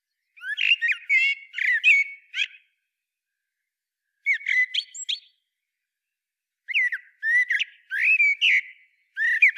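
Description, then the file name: Common blackbird song in several bursts, each a whistled warble running into scratchy, high twitters, separated by short pauses. "Turdus merula"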